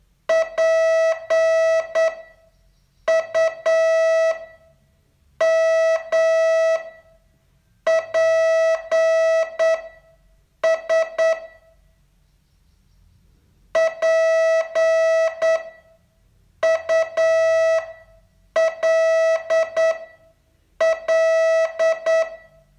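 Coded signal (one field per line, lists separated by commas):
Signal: Morse code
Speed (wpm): 8 wpm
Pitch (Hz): 650 Hz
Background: none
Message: PUMPS PULL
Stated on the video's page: Morse training test, day 31 of a 42-day course.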